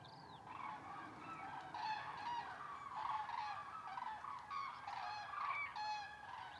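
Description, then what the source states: Common cranes trumpeting together in a steady overlapping chorus, with a brief higher chirp at the very start. Wild flock at migration stopover, Lac du Der reservoirs, eastern France, November; over 200,000 cranes counted; most continue to Spain; Nagra Seven recorder, MKH8020 stereo microphones.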